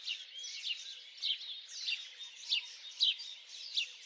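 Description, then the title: Mixed birdsong: brief falling chirps and short whistles from several birds, repeated irregularly over a continuous high chorus background. Birds singing at dawn. "Pássaros Cantando No Amanhecer"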